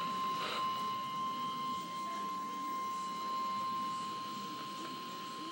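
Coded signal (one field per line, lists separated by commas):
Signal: Emergency Alert System (SAME) tones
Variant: 1050 Hz attention tone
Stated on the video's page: Severe thunderstorm warning received on NOAA Weather Radio.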